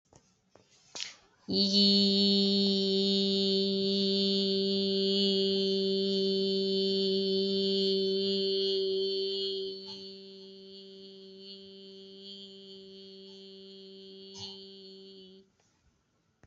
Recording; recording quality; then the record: sustained vowel as in beet; excellent, no background noise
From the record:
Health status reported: COVID-19 positive, mild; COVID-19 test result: positive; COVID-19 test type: RT-PCR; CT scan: not taken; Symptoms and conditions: cough, cold, sore throat, fever, fatigue, muscle pain, diabetes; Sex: female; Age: 49 years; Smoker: no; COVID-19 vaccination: both doses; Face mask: worn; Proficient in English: yes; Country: India